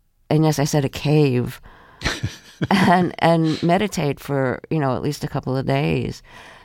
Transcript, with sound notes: And, yes, I said a cave.
(Laughter).
And meditate for, you know, at least a couple of days.